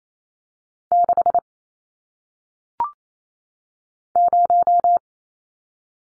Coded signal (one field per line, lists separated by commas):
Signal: Morse code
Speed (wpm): 28 wpm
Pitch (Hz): 700 Hz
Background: none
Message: 6 0